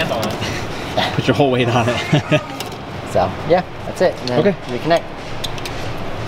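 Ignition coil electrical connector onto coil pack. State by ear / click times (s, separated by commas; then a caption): not seated / none. Someone talks while working on an E92 M3 engine, where the ignition coil has been pressed fully down into the engine and its electrical connector is about to be reconnected onto the coil pack. Two brief sharp knocks come near the end, at about 5.5 and 5.7 seconds. The connector has not clicked or seated yet.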